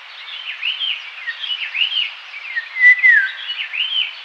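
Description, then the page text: Indian golden oriole song: fluty whistled phrases that rise and fall, repeated steadily over a constant hiss of background noise. "Indian Golden Oriole Song, Quick Sounds"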